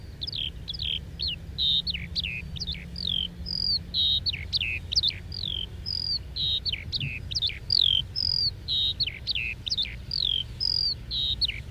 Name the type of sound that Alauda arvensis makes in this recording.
flight song